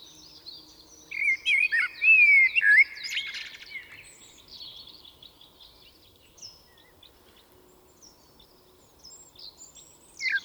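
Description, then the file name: Common blackbird song, one short warbled phrase with a thin, high ending. Quiet background chirping follows for several seconds. "Turdus merula"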